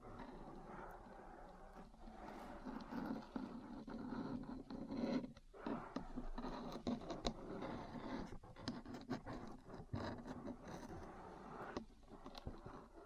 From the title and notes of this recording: ASMR 3Dio Metal Parts Tapping & Scratching for Sleep and Relaxation (No Talking).